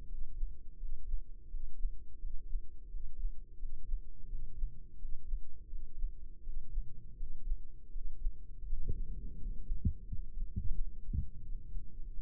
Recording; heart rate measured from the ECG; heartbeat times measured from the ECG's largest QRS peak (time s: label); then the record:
heart sounds by microphone in the right ear; 85 bpm
0.06 s: heartbeat
0.76 s: heartbeat
1.48 s: heartbeat
2.18 s: heartbeat
2.88 s: heartbeat
3.56 s: heartbeat
4.26 s: heartbeat
4.96 s: heartbeat
5.67 s: heartbeat
6.41 s: heartbeat
7.14 s: heartbeat
7.89 s: heartbeat
8.64 s: heartbeat
9.35 s: heartbeat
10.05 s: heartbeat
10.73 s: heartbeat
11.41 s: heartbeat
12.09 s: heartbeat
From the record:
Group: healthy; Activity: breath hold 0-8 s, rest 8-12 s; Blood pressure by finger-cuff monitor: 112/68 mmHg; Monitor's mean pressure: 76 mmHg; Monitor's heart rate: 86 bpm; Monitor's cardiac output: 5.3 L/min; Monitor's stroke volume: 65 mL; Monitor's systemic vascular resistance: 1040 dyn s/cm5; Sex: male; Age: 20 years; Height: 167 cm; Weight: 61 kg